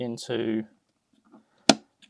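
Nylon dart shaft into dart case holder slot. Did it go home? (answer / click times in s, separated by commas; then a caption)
yes / 1.7 s. Someone talks as a nylon dart shaft is pushed into a holder slot inside a dart case. It snaps into place with a sharp click at 1.7 s, followed by faint handling sounds, and the shaft is seated.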